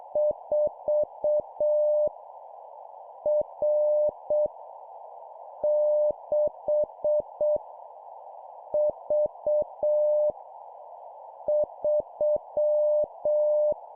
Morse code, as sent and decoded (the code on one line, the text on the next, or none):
....- / .-. / -.... / ...- / ...--
4 R 6 V 3